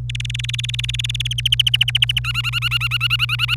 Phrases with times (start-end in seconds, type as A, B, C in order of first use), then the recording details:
0.09-1.33 A, 1.38-2.19 B, 2.24-3.55 C. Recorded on 26 April 2018 at 06:06. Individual llb3